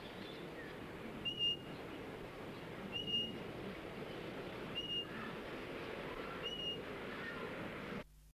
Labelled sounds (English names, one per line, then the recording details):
Moluccan King Parrot call
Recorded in captivity
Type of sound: call
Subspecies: buruensis
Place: Vogelpark Walsrode, Niedersachsen, DE
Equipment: Halbspur, 9,5 cm/s
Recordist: Lütgens, Hans
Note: Rufe